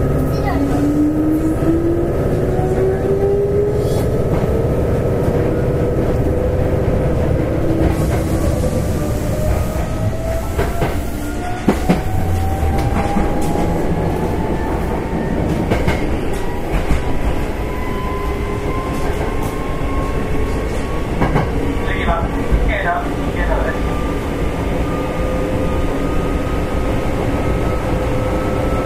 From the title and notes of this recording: 阪急6000系 宝塚線急行 梅田から宝塚まで. It is running sound of Hankyu Railway 6000 series train. I recorded on the express train of Takarazuka Line. The section is from Umeda to Takarazuka.